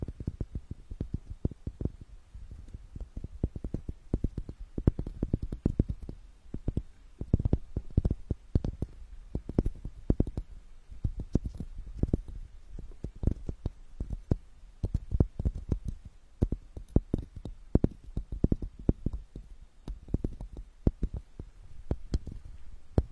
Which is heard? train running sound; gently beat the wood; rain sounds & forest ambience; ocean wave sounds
gently beat the wood